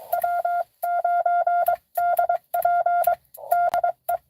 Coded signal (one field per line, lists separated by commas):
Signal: Morse code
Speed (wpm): 22 wpm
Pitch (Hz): 690 Hz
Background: none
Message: W9DP DE